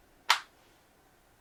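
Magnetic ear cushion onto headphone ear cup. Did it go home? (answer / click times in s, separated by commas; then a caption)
yes / 0.3 s. A removable magnetic ear cushion on Apple AirPods Max headphones is put back onto the ear cup and snaps into place at 0.3 seconds with one sharp, bright snap that fades within about a fifth of a second. The cushion is seated, and the rest of the clip is quiet.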